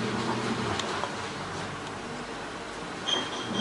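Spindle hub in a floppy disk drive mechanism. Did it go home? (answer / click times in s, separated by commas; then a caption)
no / none. With the cover off a Famicom Disk System drive, the spindle hub is turned clockwise by hand toward its index position over a steady low background hum, with a short sharp tap near 0.8 s. The hub has not yet clicked into position; nothing has seated yet.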